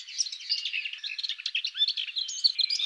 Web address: Sylvia curruca